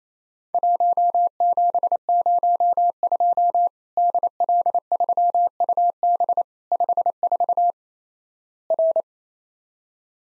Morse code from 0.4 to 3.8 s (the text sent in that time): 1702